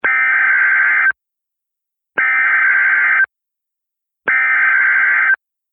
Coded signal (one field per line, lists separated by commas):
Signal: Emergency Alert System (SAME) tones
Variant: header bursts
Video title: EAS - The Rise of AAAAAAAAAAAAAAAAAAAAAAAAAAAAAAAAAAAAA